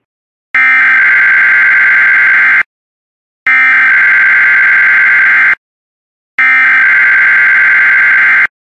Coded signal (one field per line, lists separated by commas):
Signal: Emergency Alert System (SAME) tones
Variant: header bursts